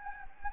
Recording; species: mosquito wingbeat signal from an infrared sensor; Anopheles gambiae